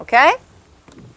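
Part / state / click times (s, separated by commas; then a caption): vacuum body into upright position on base / not seated / none. A Fantom Thunder vacuum's plastic body is being returned to its upright position on its base while someone talks briefly near the start. Only faint, quiet handling sounds follow around 0.9 to 1.1 s. Nothing has seated or clicked yet, and the clip ends just before the body snaps into place.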